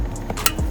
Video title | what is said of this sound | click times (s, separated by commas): How To Install An ECU/ECM | sure you hear that nice audible click to ensure that has been placed in there if | 0.5 s